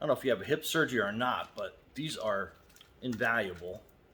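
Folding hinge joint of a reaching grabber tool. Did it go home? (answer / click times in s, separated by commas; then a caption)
no / none. A foldable plastic and metal reaching/grabbing tool from a hip recovery kit is handled at its folding hinge joint while someone talks throughout. The tool is not yet locked into place, and nothing has seated or clicked yet.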